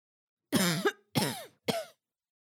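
Three short coughs from an adult in quick succession over about a second and a half, each an abrupt explosive burst that tails off, the last one briefer. A plain cough in a quiet setting, with no wheeze or stridor between bursts.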